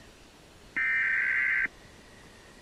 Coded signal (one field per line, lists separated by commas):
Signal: Emergency Alert System (SAME) tones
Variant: header bursts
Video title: EAS Scenario - Nuclear Missile Attack: Remastered